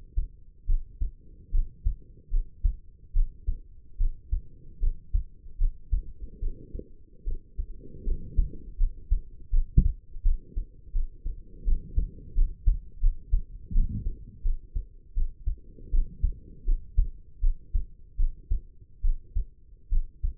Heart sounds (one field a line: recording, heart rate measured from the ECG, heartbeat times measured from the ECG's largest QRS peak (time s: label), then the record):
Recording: heart sounds by stethoscope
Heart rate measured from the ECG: 78 bpm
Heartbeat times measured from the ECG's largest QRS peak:
0.66 s: heartbeat
1.51 s: heartbeat
2.30 s: heartbeat
3.13 s: heartbeat
3.97 s: heartbeat
4.80 s: heartbeat
5.58 s: heartbeat
6.40 s: heartbeat
7.24 s: heartbeat
8.04 s: heartbeat
8.77 s: heartbeat
9.50 s: heartbeat
10.22 s: heartbeat
10.92 s: heartbeat
11.64 s: heartbeat
12.35 s: heartbeat
13.00 s: heartbeat
13.72 s: heartbeat
14.42 s: heartbeat
15.14 s: heartbeat
15.91 s: heartbeat
16.65 s: heartbeat
17.41 s: heartbeat
18.17 s: heartbeat
19.02 s: heartbeat
19.89 s: heartbeat
From the record:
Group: healthy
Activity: rest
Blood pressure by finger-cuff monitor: 119/81 mmHg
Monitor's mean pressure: 92 mmHg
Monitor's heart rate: 80 bpm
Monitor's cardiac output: 5.8 L/min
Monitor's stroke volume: 73 mL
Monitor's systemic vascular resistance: 1170 dyn s/cm5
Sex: female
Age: 22 years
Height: 160 cm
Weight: 45 kg